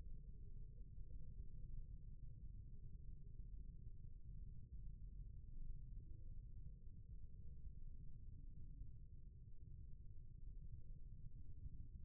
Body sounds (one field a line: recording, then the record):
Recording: forearm muscle sounds (acoustic myography)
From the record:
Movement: rest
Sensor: system 1, eight BSWA MPA416 microphones around the upper forearm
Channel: 1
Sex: male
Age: 20 years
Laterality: left